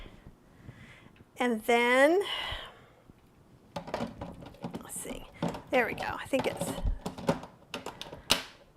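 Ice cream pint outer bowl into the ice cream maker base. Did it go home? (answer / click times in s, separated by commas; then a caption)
yes / 8.3 s. A plastic ice cream pint outer bowl with its lid is twisted clockwise into the base of an Ninja Creami ice cream maker while someone talks, with scraping and handling knocks as it turns. It clicks at 8.3 s, seating and locking so it can no longer be moved.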